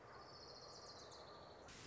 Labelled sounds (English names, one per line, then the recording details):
Orange-crowned Warbler
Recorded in Sonoma County, California